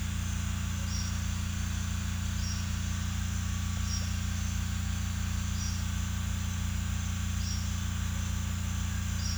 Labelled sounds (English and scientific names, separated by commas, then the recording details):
none
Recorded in secondary vegetation near Puerto Asís, Putumayo, Colombia, on 18 December 2024 at 08:30
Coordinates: 0.485, -76.322
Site GP08